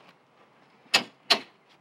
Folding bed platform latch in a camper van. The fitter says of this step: you're ready to fold this back up you want to do it slowly in here wait until you hear - clicks -